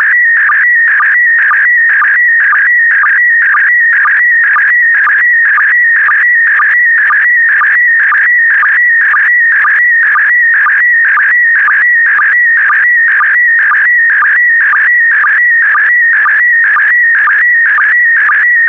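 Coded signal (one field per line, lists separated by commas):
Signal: SSTV (slow-scan television)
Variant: PD120 mode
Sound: steady warbling tone scanning line by line, with a short low chirp twice per second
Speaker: complete you can now check your decoded image against the picture that is shown on the video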